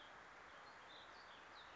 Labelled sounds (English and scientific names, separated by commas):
Warbling Vireo (Vireo gilvus)